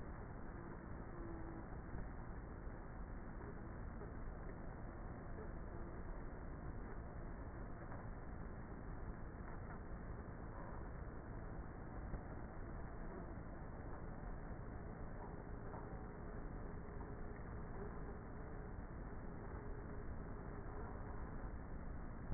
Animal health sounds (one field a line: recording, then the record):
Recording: honeybee colony, microphone inside the hive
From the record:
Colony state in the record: queenless with a low population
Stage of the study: before two queens were removed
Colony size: about 30,000 bees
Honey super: no